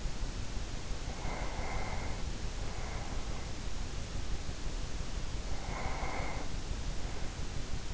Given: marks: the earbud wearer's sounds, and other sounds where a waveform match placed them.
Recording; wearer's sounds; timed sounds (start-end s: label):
sounds in sleep by an in-ear microphone; breath
0.99-3.79 s: breath
5.31-7.94 s: breath